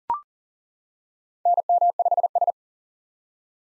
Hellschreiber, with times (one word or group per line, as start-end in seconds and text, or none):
none